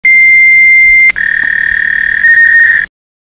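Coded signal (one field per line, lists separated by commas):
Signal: dial-up modem handshake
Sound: a steady high tone for a second, a click, then a buzzing warbling tone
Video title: Dial Up Modem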